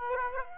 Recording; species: mosquito wingbeat signal from an infrared sensor; Aedes aegypti